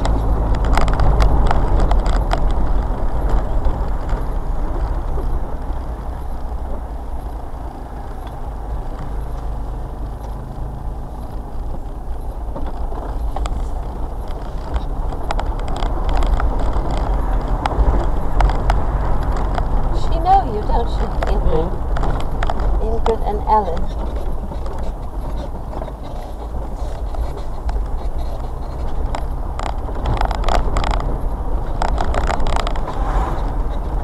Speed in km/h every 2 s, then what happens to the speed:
32, 26, 21, 13, 8, 8, 18, 27, 31, 32, 26, 16, 11, 19, 26, 27, 24.
0-8 slows to 8. 10-17 speeds up to 32. 17-23 slows to 11. 23-30 speeds up to 27.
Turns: 6-11, 20-26.